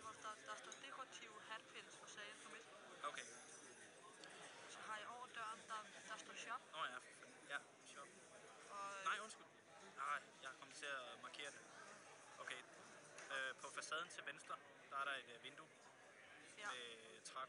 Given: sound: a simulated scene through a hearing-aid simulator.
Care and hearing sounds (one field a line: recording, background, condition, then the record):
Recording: conversation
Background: cafeteria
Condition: +4 dB SNR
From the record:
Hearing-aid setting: IV (slow-acting compression, loudness normalization)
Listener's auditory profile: D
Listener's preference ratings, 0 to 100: 89, 71, 69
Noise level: 65 dB SPL